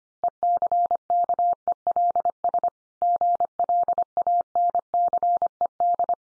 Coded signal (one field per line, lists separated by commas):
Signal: Morse code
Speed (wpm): 25 wpm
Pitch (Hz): 700 Hz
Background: none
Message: ECKELS GLANCED